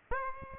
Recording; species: mosquito wingbeat signal from an infrared sensor; Aedes aegypti